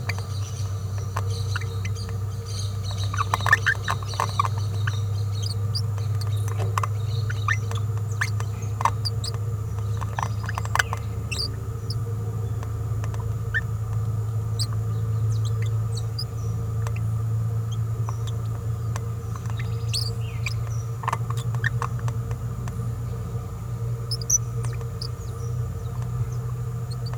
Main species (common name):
Green-rumped Parrotlet